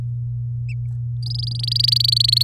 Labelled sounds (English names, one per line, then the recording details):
Domestic Canary song
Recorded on 6 May 2018 at 08:28
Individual llb16